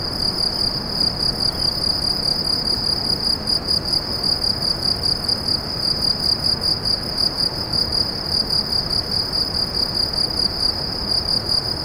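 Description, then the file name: Cricket chirping, a high unbroken pulsed trill held throughout, with faint background noise. "grillons"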